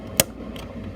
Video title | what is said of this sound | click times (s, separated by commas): For Jenn from Joyfullyours | you hear the click right there but sometimes when you're in the car and this thing hits the this metal piece it | 0.2 s